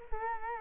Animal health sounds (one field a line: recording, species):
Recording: mosquito wingbeat signal from an infrared sensor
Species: Culex quinquefasciatus